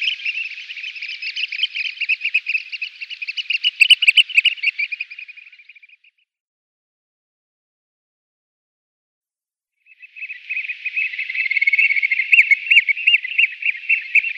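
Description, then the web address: Eurasian oystercatcher in piping display, fast shrill trilled notes for about six seconds, a pause of silence, then the excited piping resumes and builds. Eurasian oystercatcher performing its display. "Schulze Peter Eurasian Oystercatcher display"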